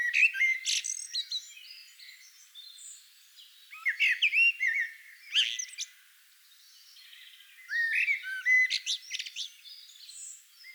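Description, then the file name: Common blackbird song in several bursts of warbled notes and shrill twittering, separated by quiet gaps. "Turdus merula"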